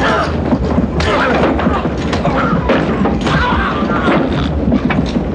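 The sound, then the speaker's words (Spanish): A flurry of heavy thuds and sharp smacks from blows landing as a handcuffed prisoner beats a soldier by a lavatory aboard a train, loud and irregular, over a dense, clattering rumble with muffled vocal sounds mixed in. “Cuando está a su alcance, al mas y comienza a golpearle.”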